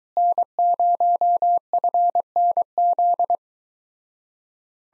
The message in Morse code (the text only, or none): N0FNZ